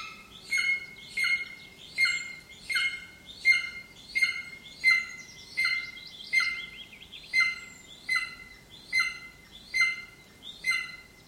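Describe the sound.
Bird calls: a steady series of harsh, downslurred notes with rich harmonics, repeated a little faster than once a second over a faint background hiss.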